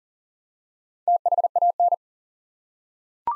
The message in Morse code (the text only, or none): THAN